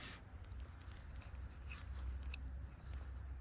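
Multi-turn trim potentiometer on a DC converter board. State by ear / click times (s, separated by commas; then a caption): torque reached / 2.3 s. A screwdriver turns a small multi-turn trim potentiometer clockwise on a buck-boost DC converter board. Faint ticking sounds play over a low hum until a sharp, bright click at 2.3 s marks the internal slip clutch slipping at the end of travel.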